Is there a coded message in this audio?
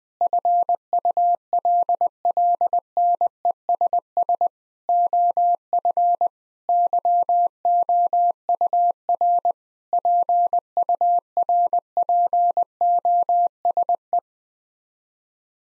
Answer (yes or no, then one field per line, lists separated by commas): yes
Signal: Morse code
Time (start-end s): 0.2-14.2 s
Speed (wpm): 20 wpm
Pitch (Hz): 700 Hz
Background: none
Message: FULLNESS OF YOUR PURPOSE